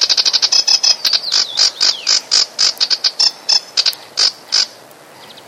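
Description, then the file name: Sedge warbler song: fast high chattering notes, then spaced dry buzzy bursts with a couple of slurred whistles, the bursts thinning out toward the end. "kamyshovka barsuchok"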